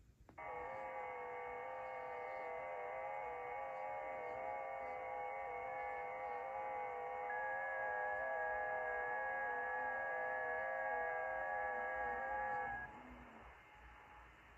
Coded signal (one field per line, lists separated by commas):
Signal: FT8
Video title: SBitx V2 doing FT8